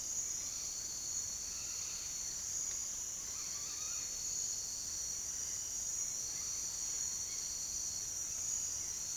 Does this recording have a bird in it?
no